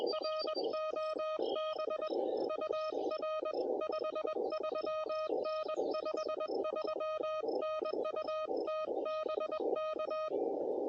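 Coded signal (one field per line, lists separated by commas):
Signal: Morse code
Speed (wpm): 21 wpm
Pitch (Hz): 1250 Hz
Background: music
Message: R OB UR 53N 53N U TBK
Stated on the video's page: CW Parks on the Air activation using an Elecraft KH1.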